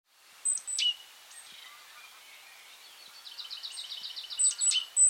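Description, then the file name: Great tit calls: sharp high notes, then a fast buzzy chattering series around the middle, with further clipped high notes at the end. "Parus major"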